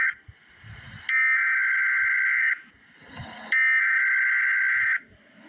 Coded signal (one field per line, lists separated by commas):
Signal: Emergency Alert System (SAME) tones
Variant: header bursts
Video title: EAS Update - Heat Advisory - Aug 27, 2024 at 12:20 PM EDT